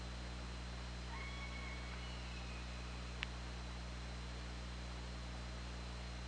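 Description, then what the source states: Killer whale call: a steady, flat tonal call with a fainter lower harmonic, lasting about two seconds, then a sharp click, over constant hiss and low hum. OrcaLab hydrophone, 24 August 2017, 21:22:31.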